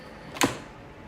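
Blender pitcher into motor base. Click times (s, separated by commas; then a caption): 0.4 s. A plastic Ninja 72 oz blender pitcher is twisted back onto its motor base to lock it. A short, sharp click lands at 0.4 s, rising well above the quiet background and fading quickly. The pitcher is locked in place, and the blender will only run when it is locked.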